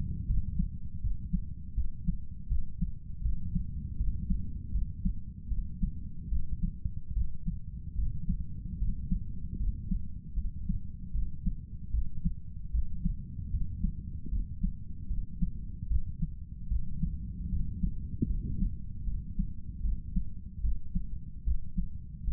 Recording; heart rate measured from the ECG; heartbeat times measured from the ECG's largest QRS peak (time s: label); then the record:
heart sounds by stethoscope; 76 bpm
0.27 s: heartbeat
1.01 s: heartbeat
1.75 s: heartbeat
2.49 s: heartbeat
3.22 s: heartbeat
3.97 s: heartbeat
4.72 s: heartbeat
5.49 s: heartbeat
6.29 s: heartbeat
7.14 s: heartbeat
7.96 s: heartbeat
8.79 s: heartbeat
9.57 s: heartbeat
10.35 s: heartbeat
11.12 s: heartbeat
11.91 s: heartbeat
12.72 s: heartbeat
13.51 s: heartbeat
14.30 s: heartbeat
15.08 s: heartbeat
15.88 s: heartbeat
16.69 s: heartbeat
17.50 s: heartbeat
18.27 s: heartbeat
19.04 s: heartbeat
19.82 s: heartbeat
20.61 s: heartbeat
21.44 s: heartbeat
22.25 s: heartbeat
From the record:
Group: healthy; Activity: cold pressor test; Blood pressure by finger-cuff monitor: 126/69 mmHg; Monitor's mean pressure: 85 mmHg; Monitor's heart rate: 76 bpm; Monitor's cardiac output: 7.5 L/min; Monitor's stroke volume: 99 mL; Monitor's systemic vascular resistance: 830 dyn s/cm5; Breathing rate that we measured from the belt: 13 breaths a minute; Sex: male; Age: 35 years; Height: 180 cm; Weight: 86.9 kg